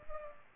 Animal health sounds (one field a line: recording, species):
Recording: mosquito wingbeat signal from an infrared sensor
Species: Culex pipiens